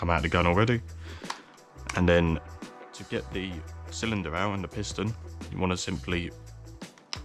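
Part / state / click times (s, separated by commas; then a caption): cylinder release tab on an airsoft bolt-action rifle receiver / released / 7.1 s. The small cylinder release tab on an airsoft bolt-action sniper rifle receiver is pushed across while someone talks. It clicks sharply at 7.1 s, releasing the cylinder and piston to come out.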